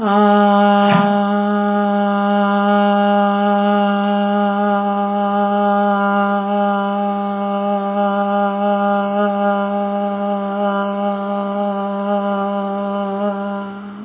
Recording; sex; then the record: sustained vowel /a/; female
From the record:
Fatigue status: no fatigue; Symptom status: symptomatic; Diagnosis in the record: COVID-19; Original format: 3gp